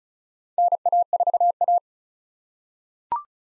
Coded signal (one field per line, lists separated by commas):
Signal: Morse code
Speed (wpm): 36 wpm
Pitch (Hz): 700 Hz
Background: none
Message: NA4A